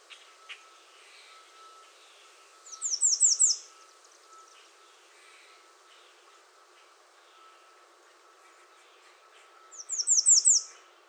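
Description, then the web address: American redstart song, a brief burst of four or five high descending notes, repeated about seven seconds apart over faint background birdsong. Recorded 21 June 2019. "soundrecordings 2019-06-21 American Redstart"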